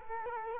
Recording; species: mosquito wingbeat signal from an infrared sensor; Culex quinquefasciatus